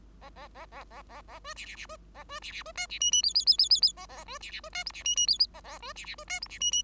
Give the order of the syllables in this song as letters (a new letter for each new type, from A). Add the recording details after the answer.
A A A A A A A B C C C B A B C C B D C E E F F F F F F A A B C C B D G C E E F F A A B C C B D G C E E. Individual Bird5